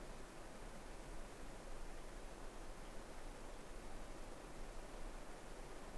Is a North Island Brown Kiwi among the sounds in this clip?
no